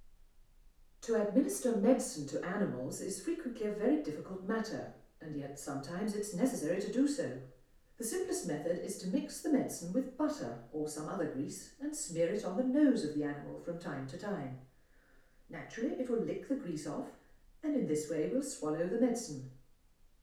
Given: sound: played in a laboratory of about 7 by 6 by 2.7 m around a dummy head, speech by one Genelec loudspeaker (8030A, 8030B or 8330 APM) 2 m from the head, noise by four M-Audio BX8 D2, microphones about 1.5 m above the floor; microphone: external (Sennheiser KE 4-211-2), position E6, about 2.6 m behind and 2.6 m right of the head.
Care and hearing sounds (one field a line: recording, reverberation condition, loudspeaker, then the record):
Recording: female speech in English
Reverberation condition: medium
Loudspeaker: 30 degrees to the left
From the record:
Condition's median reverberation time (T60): about 510 ms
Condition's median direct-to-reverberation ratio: about -0.5 dB